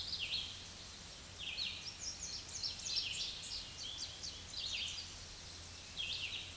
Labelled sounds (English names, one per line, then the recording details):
Red-eyed Vireo song
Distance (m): 30 m
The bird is about 20 m above the microphone
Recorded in a Pennsylvania forest on 16 May 2024 at 06:40
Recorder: AudioMoth, point MSD-0192
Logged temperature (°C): 16.0 °C
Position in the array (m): 169 m, 75 m